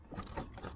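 A coolant hose quick-connect is handled and pushed toward its plastic fitting on the water pump/thermostat outlet of a 2007 BMW 328i E90, after the electric water pump and thermostat were replaced. Low rustling and scraping handling sounds are heard. The connector has not snapped or seated yet.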